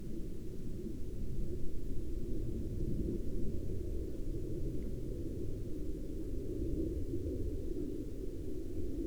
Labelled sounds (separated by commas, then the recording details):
aircraft
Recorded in the Arctic National Wildlife Refuge, Alaska, on 13 May 2019 at 02:08
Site 38